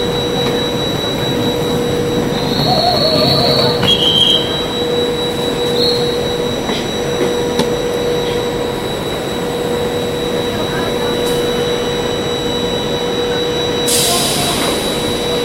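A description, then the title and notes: Railroad ambiance with a steady, dense rumble filling the whole span and a constant whining tone running through it. Brief high squeals rise near the 3 and 4 second marks, and a loud bright hiss bursts in at about 14 seconds. Railroad Ambiance.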